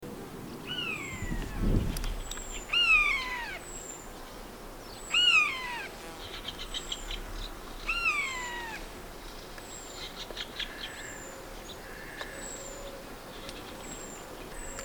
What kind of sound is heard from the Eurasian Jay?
call